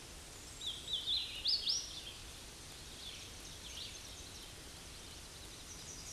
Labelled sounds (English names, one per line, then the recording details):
Hooded Warbler song
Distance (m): 35 m
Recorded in a Pennsylvania forest on 18 May 2023 at 08:03
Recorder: AudioMoth, point grid1_10_low
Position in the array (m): 54 m, 124 m